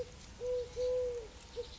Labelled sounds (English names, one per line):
Eurasian Collared Dove